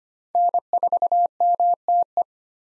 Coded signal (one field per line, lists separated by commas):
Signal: Morse code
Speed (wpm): 25 wpm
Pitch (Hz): 700 Hz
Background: none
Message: N4MTE